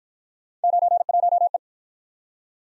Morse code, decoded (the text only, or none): 91E